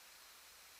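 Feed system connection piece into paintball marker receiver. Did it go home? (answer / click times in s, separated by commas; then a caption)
no / none. The plastic Cyclone feed connection is handled and fitted toward the receiver of a Tippmann X7 Phenom paintball marker during reassembly, before the bolt is pushed forward. Only a steady, even broadband hiss is heard, with a slight swell at the very end. Nothing has seated or clicked yet.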